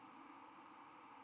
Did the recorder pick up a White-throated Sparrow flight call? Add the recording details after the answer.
yes. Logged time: 03:02 on 11 November 2014